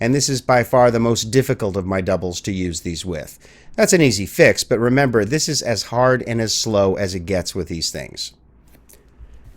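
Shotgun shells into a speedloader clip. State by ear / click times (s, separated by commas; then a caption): seated / 8.9 s. Someone talks for most of the clip, then shotgun shells are pressed into a plastic speedloader clip for a double-barrel shotgun. A faint sound at about 8.7 s is followed by a sharp, short click at 8.9 s as the shells snap into place and seat in the clip.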